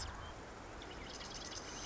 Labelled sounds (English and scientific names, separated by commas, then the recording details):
Marsh Wren (Cistothorus palustris)
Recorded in Sonoma County, California